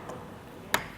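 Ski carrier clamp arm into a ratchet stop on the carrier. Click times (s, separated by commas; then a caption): 0.7 s. A Kuat Grip ski and snowboard carrier clamp arm on a 2023 Chevrolet Suburban is closed and gives a single sharp tick at 0.7 s as it catches in a ratchet stop on the carrier. This is one of several intermediate stops meant for gear of different sizes, so the arm is held but not in its final fully closed position.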